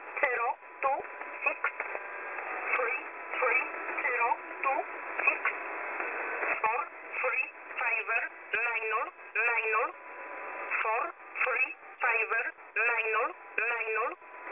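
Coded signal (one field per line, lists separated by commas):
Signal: numbers station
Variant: E11, English-language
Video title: Numbers Station, Polish, ENIGMA ID E11, 5779 kHz, USB mode, 03 December, 2020, 0315 UTC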